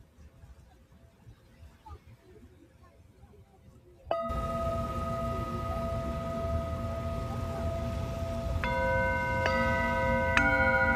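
A Tibetan singing bowl is struck just after four seconds, following a quiet stretch of low rumble. Its steady ringing tones hang on, and lighter taps near nine, nine and a half, and eleven seconds add bright overtones over a constant rushing background.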